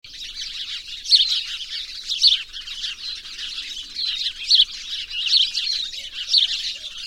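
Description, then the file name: House sparrow chatter: a steady mass of overlapping chirps, with a few louder, sharper chirps standing out. "Passer domesticus"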